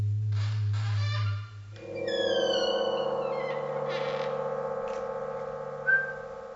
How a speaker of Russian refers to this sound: Вот включила приемник, но не могу поймать ничего подходящего.